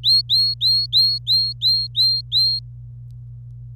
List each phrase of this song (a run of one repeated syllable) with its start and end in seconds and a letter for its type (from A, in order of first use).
0.03-2.59 A